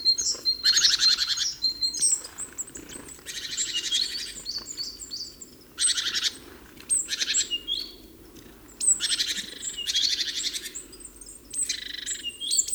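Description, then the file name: Great tit churring: repeated harsh, buzzy rattles lasting about a second each, alternating with high chirps for the whole stretch. "Parus major"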